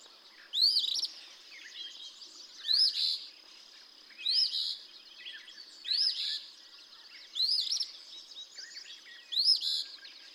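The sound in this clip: Eastern phoebe song: a sharp rising note then a burry buzz, repeated six times.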